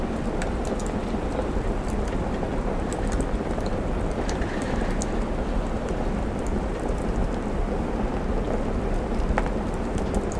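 A crackling fireplace with soft autumn rain and wind against the window, a steady low rush dotted with frequent small sharp pops and clicks.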